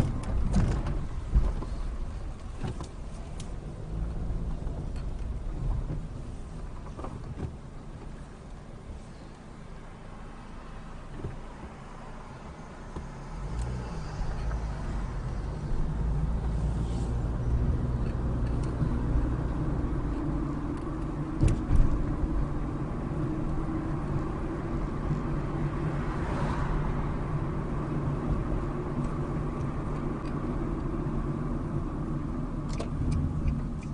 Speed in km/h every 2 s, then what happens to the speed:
6, 6, 5, 2, 0, 0, 0, 15, 29, 35, 34, 39, 42, 42, 40, 32, 19.
0-6 steady at about 5. 6-12 standing. 12-24 pulls away to 42. 28-34 brakes to 19.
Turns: 11-15.